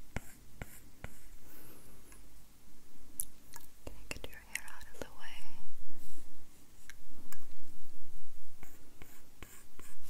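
Stylus taps and scratchy strokes on a tablet screen, with irregular clicks and a brief soft rustle midway.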